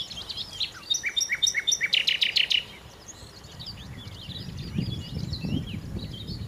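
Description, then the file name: Common nightingale song: a fast rhythmic series of sharp repeated notes for about two seconds, then fainter twittering over a low rumble. "Nachtigall"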